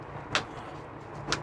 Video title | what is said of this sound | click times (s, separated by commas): Larson Tradewinds storm door installation, by an expert | you'll hear it snap in place | 0.3 s